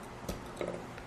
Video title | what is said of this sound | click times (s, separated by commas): etrailer - A Closer Look at the Buyers Products 25 Ton Swivel Type Pintle Hook | slide it all the way through and then clip it and then you're all ready to go locked into place | 0.6 s, 1.0 s